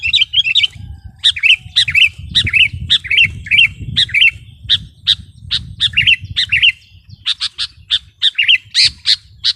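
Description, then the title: Sooty-headed bulbul sings bubbly, warbled phrases mixed with sharp chattering notes, delivered in quick succession over low rumbling background noise. "kutilang"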